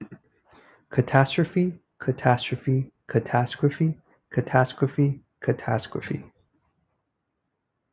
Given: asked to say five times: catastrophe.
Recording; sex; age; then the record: repeated word; male; 20 to 29 years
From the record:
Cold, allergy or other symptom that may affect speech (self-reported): no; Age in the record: 22 years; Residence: Florida, United States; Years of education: 15